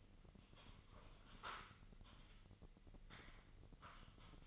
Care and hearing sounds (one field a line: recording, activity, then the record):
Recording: daily activity, microphone in the room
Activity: typing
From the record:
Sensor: 4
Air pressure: 1008.4 hPa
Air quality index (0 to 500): 82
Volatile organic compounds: 1 ppm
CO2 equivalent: 652 ppm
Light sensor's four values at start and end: 15/35/14/14 and 15/35/14/14